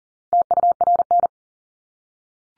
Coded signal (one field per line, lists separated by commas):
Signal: Morse code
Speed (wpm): 40 wpm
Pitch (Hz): 700 Hz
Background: none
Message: TURN